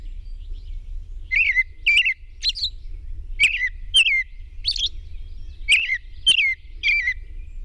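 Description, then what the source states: Robin song: a run of bright downward-sliding whistles mixed with higher warbling notes, against a low steady hum. At dawn on 21 June 2001.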